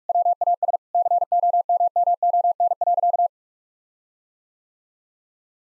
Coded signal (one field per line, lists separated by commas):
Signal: Morse code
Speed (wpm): 41 wpm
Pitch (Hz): 700 Hz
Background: none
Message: WAS COMMON.